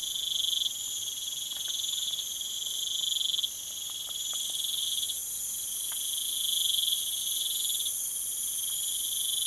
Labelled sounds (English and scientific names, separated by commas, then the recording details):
none
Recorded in pastures near Puerto Asís, Putumayo, Colombia, on 19 June 2025 at 00:30
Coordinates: 0.487, -76.322
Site H26